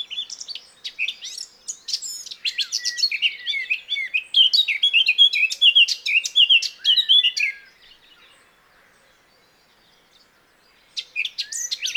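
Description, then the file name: Eurasian blackcap song: a rapid, varied warble of high chirps and twittering notes for about eight seconds, a pause of near silence, then the warbling resumes. "Sylvia atricapilla"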